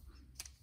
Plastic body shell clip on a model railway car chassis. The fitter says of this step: and just gently prise it up you can hear it clicked off